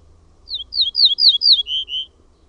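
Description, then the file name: Ortolan bunting song: five high falling notes repeated evenly, then two lower, fuller notes closing the phrase, over a faint low rumble. "PELTOSIRKKU"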